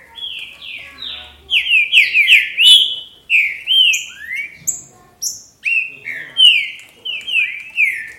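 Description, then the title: Green-winged saltator song: strong whistled phrases of sweeping notes in short bursts, separated by brief silences. "Trinca Ferro"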